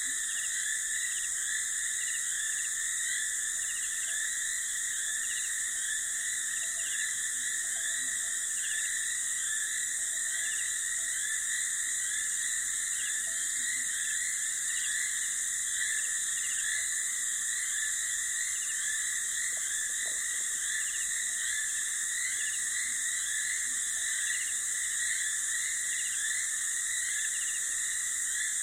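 Night air by a dry riverbed pulses with dense, steady insect and frog trilling in bright layered bands, unchanging throughout, with a faint low background.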